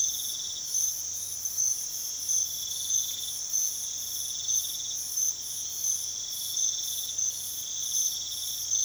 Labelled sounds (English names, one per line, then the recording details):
none
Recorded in pastures near Puerto Asís, Putumayo, Colombia, on 21 March 2025 at 05:00
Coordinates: 0.487, -76.322
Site G077